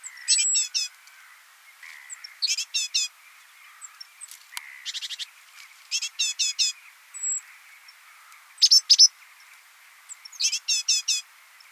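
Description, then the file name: Great tit giving harsh chattering calls in short bursts of several notes, repeated several times, with a few thin high squeaks between bursts. "Parus major"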